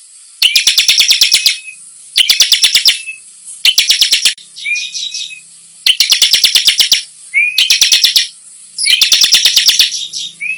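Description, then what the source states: Bar-winged prinia singing rapid rattling bursts of sharp notes, each about a second long, with brief gaps and a few soft thin whistles between. Singing actively in the "nembak" (shooting) song style.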